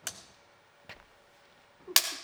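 Sharp clapperboard claps marking the start of take one of a film shoot: a crisp snap, a fainter one about a second later, then a louder, harder smack near the end. No talking, with a faint steady hum between.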